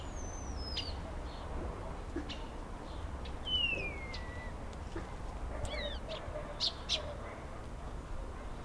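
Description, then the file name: Birds singing, long thin descending whistles and a lower falling slurred note, mixed with scattered short chirps over a low background hum. Recorded outdoors on a street. "ptichki ulicca sobaka"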